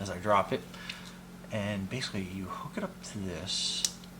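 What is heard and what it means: Someone talks while handling the battery of a DEERC 1:16 amphibious, waterproof 4WD dual-motor all-terrain RC monster truck, bringing its plug to the connector of a USB charging cable. Light handling noises and a brief tap near 0.9 s are heard under the talking. The plug has not seated or clicked into the charger lead yet.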